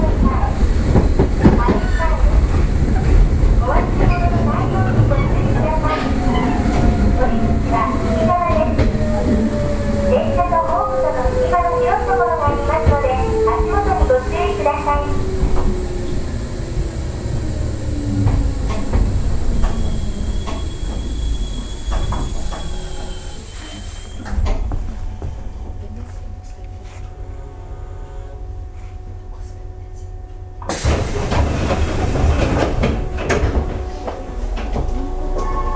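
Nishitetsu 600 series train running, motor whine falling in pitch with wheel clatter, quieter coasting midway, then a sudden loud burst near thirty seconds.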